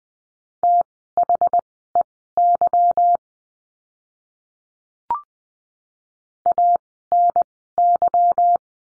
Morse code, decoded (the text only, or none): THEY ANY